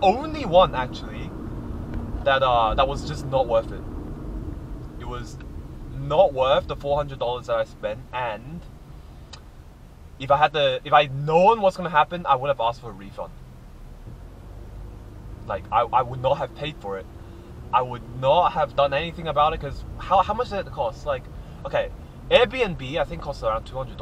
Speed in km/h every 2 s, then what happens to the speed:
52, 52, 39, 30, 20, 9, 9, 13, 17, 21, 24, 23.
2-10 brakes to 9. 12-19 speeds up to 24.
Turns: none.